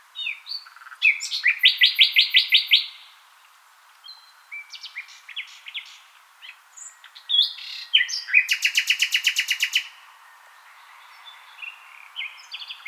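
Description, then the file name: Common nightingale song: phrases of fast repeated notes, rich rattling trills and whistles, broken by short pauses, with a second loud rapid trill later. "Luscinia megarhynchos"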